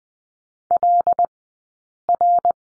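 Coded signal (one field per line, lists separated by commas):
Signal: Morse code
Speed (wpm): 20 wpm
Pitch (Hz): 700 Hz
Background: none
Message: LR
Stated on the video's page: Morse code course lesson at Farnsworth speed of 20/10 wpm, practicing the number 2.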